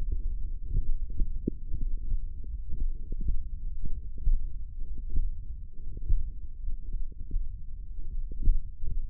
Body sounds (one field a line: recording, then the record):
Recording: forearm muscle sounds (acoustic myography)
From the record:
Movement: tripod grip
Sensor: system 1, eight BSWA MPA416 microphones around the upper forearm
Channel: 5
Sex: male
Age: 23 years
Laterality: right